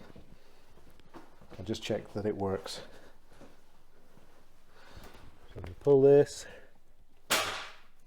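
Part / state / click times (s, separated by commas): pull lever or action in its locking mechanism / seated / 7.3 s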